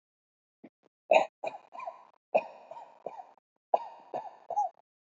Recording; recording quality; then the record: shallow voluntary cough; excellent, no background noise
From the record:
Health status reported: healthy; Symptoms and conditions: none ticked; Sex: male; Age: 38 years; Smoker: not ticked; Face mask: not worn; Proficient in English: yes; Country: India